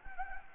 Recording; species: mosquito wingbeat signal from an infrared sensor; Anopheles gambiae